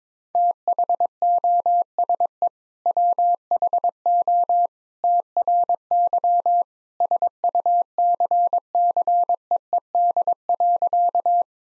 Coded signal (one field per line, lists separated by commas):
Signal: Morse code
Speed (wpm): 22 wpm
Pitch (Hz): 700 Hz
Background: none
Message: THOSE WHO TRY SUCCEED.